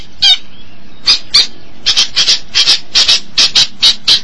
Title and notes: Suara burung pentet